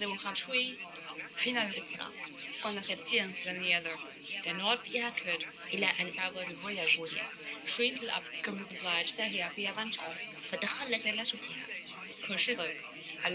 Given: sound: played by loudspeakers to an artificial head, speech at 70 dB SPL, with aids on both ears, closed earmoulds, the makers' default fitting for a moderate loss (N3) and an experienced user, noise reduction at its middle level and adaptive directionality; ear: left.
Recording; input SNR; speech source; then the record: speech test signal (ISTS) in cocktail-party noise; 0 dB; in front (0 degrees)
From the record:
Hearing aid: class 2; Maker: I